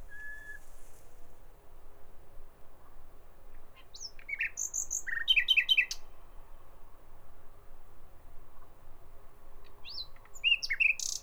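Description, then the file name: Common nightingale singing in scattered phrases: a low steady whistle, then sharp high notes and a quick burst of repeated chips, with quiet gaps between. "Nachtigall"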